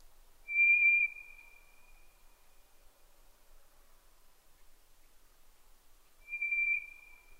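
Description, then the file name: White's thrush song: two pure, drawn-out monotone whistles several seconds apart in near silence. At night, 22:35, 11 June 2011. "DH-D 50-toratugumi-20110611-2235"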